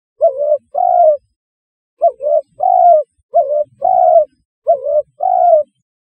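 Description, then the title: Spotted dove cooing: four phrases, each a quick double note followed by a longer drawn coo. "Tekukur"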